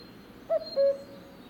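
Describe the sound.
Cuckoo giving a single two-note cu-coo, a short higher note dropping to a longer lower one.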